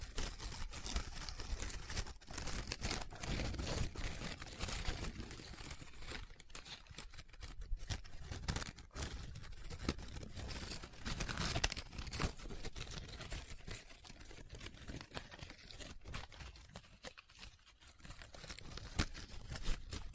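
Paper being handled, with crinkling, rubbing and scratching that runs almost without pause. Dense bursts of crackle come fast and irregularly, fuller in the first few seconds, with brief near-silent breaks around 2, 8 and 17 seconds.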